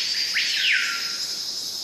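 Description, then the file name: Cicadas buzzing in a continuous high hiss, crossed by a quick pair of swooping bird notes. Cicadas in a forest, with exotic birds. "Cicadas and exotic birds in Forest"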